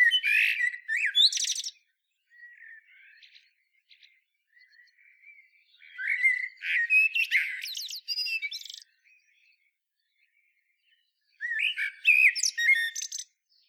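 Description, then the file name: Eurasian blackbird song: three warbled phrases around mid pitch, each ending in high squeaky twitters, with quiet soft notes between and long pauses. "Turdus merula"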